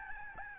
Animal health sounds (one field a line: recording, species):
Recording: mosquito wingbeat signal from an infrared sensor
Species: Aedes albopictus